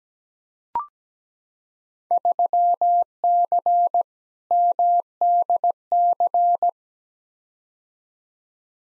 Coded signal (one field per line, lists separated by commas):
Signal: Morse code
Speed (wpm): 17 wpm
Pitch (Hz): 700 Hz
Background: none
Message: 3C MDC